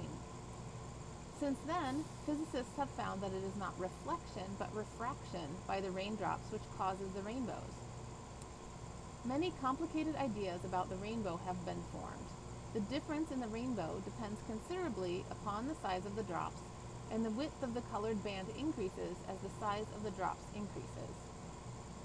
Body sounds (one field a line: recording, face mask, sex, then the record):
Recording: reading aloud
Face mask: surgical mask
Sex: female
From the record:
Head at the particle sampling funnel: turned sideways, cheek in front of it